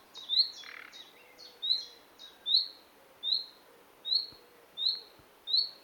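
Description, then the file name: Common nightingale calls, short rising whistled notes repeated roughly every three-quarters of a second, with a few quicker calls and a rasping note near the start. "Luscinia megarhynchos"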